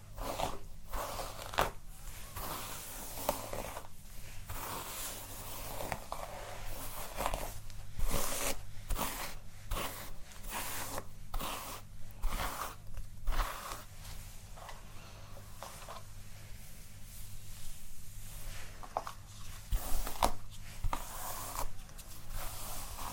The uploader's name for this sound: Hair Play, Brushing, Scratching, Combing